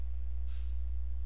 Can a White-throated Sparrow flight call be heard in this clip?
no